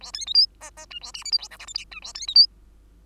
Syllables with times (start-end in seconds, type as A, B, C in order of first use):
0.01-0.12 A, 0.13-0.26 B, 0.26-0.34 C, 0.34-0.46 D, 0.60-0.70 E, 0.77-0.86 E, 0.90-0.99 F, 1.01-1.12 A, 1.14-1.24 G, 1.24-1.31 H, 1.31-1.38 I, 1.38-1.48 J, 1.50-1.58 K, 1.59-1.66 L, 1.67-1.74 M, 1.74-1.85 N, 1.91-2.00 F, 2.02-2.13 A, 2.14-2.27 B, 2.27-2.35 C, 2.35-2.47 D